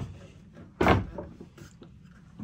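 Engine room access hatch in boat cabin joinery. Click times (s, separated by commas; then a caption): 0.8 s. An engine room access hatch set into the cabin joinery of a Boreal 47 sailboat is opened and locks into place with a loud, door-like thunk at 0.8 s. A few faint, shorter knocks follow between about 1.2 and 1.8 s. The hatch is seated.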